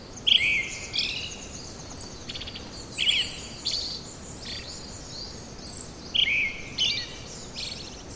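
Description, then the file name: Brown-headed thrush song: three short phrases, each a clear note sliding into a lower warble with a thin high tail, spaced about three seconds apart, over a soft steady hiss. "akahara"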